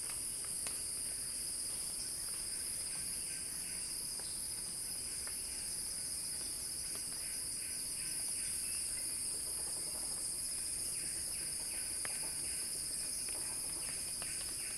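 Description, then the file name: Even, piercing cicada buzz throughout, with faint series of quick chirps. Cicada song building in a crescendo. "earth-fm Axel-Drioli Cicada-Crescendo-Sounding-Wild"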